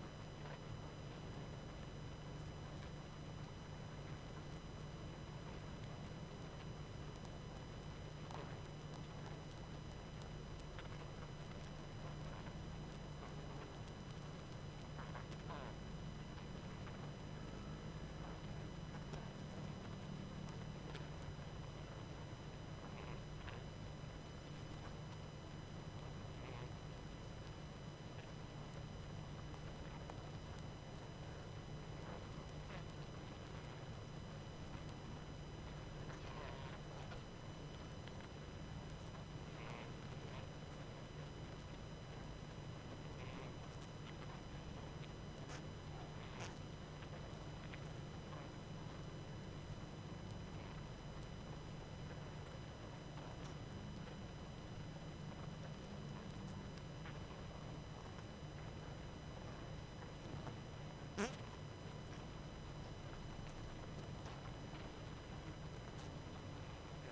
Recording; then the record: honeybee colony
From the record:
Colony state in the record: active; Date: 12 June 2018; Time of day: 21:42